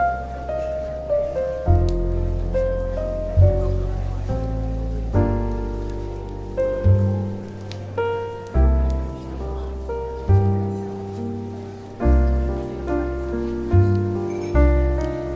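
Soft jazz plays, with sustained piano-like chords over a deep bass line that shift every second or two in an even, unhurried pattern. Each new chord lands with a gentle swell, and a faint steady hiss, like light rain, runs underneath.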